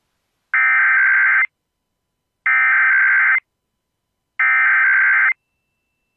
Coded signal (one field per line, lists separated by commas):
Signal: Emergency Alert System (SAME) tones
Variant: header bursts